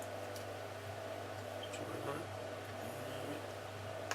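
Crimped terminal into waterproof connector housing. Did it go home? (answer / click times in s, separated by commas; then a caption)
no / none. A crimped terminal, turned the other way around because it didn't click the first time, is handled and pushed toward a waterproof connector housing for a motorcycle horn while someone talks over a steady low hum. Nothing has seated or clicked yet by the end of the clip.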